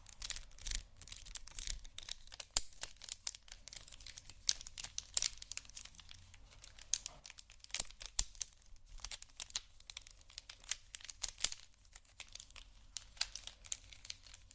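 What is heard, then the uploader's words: Someone rummages through a makeup bag, producing dense, irregular crinkling and rustling with sharp clicks and taps scattered throughout, over a faint low hum. ASMR Rummaging Through My Makeup Bag （No Talking）.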